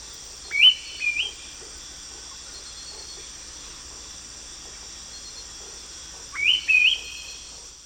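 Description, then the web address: Black-billed thrush song: two short rising whistled phrases, one near the start and another after a long pause, over a steady high insect hiss. South America, eastern lowlands. "Natures Songs S America Eastern Lowlands Black-billed Thrush"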